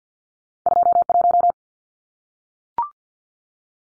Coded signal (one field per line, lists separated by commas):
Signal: Morse code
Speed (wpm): 50 wpm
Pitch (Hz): 700 Hz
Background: none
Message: 21